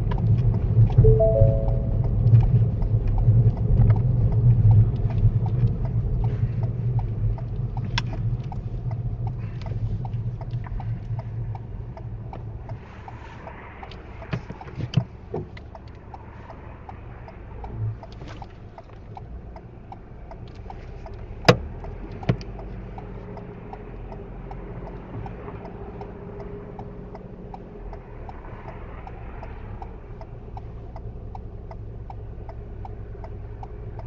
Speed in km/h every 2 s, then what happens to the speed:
18, 19, 16, 11, 8, 2, 0, 0, 0, 0, 0, 0, 0, 0, 0, 0, 0.
4-10 slows to 2. 10-34 standing.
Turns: none.